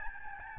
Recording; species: mosquito wingbeat signal from an infrared sensor; Aedes albopictus